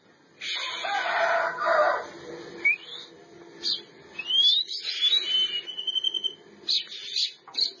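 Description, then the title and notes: Oriental magpie-robin song opening with a harsh, noisy burst, then clear whistles: a rising slur, a sweeping upward note and a long, steady whistle, followed by quick sharp notes. Champion bird. "Kicau Burung Kacer Juara. Suara Kicauan Burung Kacer Juara"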